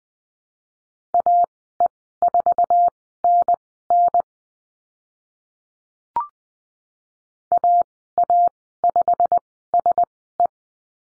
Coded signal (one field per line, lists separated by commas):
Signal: Morse code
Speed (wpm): 20 wpm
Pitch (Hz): 700 Hz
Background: none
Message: AE4NN AA5SE